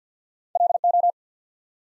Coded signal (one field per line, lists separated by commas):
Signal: Morse code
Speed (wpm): 50 wpm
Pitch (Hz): 700 Hz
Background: none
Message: LO